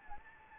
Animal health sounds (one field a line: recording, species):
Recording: mosquito wingbeat signal from an infrared sensor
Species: Anopheles gambiae